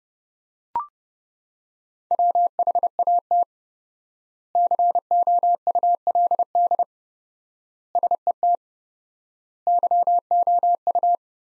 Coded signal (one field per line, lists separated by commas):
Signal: Morse code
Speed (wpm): 32 wpm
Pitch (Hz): 700 Hz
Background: none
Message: WHAT COULD SET YOU